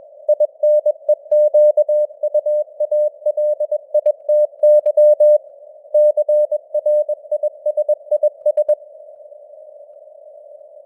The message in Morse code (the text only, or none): INEQUALITY CRISIS